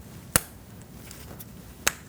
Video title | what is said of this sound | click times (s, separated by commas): How to Replace Upstream O2 Oxygen Sensor 2008-2014 Mercedes-Benz C300 | Make sure you hear that click. | 0.4 s, 1.9 s